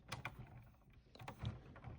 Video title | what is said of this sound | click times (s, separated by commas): Lego City F1 Truck with RB20 and AMR24 F1 Cars 60445 Review | on you hear that click then you know it's in | 0.2 s